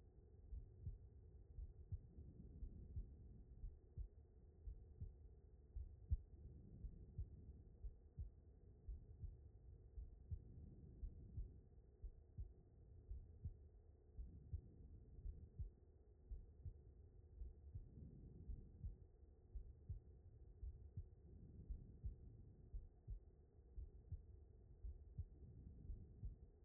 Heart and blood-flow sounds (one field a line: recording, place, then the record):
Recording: heart sounds by stethoscope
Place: aortic valve (AV)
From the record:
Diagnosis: non-HFrEF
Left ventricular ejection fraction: 67%